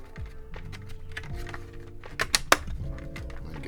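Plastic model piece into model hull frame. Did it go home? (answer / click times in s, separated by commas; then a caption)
yes / 2.3 s, 2.5 s. A plastic piece for a Fanhome Millennium Falcon model is set over the top of the assembly and pressed down into the model hull frame, with music playing in the background. After a few soft taps, two sharp, loud snaps ring out at 2.4 s and 2.5 s as the panel clicks into place and is seated.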